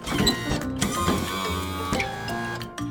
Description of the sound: It's a wheelchair that's moved by a motor. There's often a joystick or a controller on the arm of the chair, and the person sitting in the chair uses it to steer where they're going.